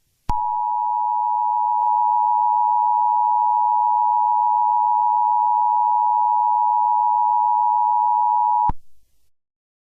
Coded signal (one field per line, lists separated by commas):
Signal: Emergency Alert System (SAME) tones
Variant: 853 and 960 Hz attention tone